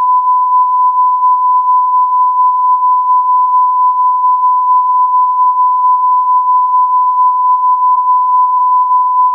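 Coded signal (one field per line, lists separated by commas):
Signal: radio time signal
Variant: Beta (RJH69)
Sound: one unbroken steady tone around 1 kHz, no ticks or keying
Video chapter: 00:06 : Unmodulated carrier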